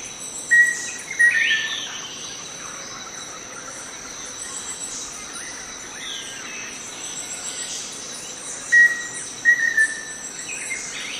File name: Song of Formicarius analis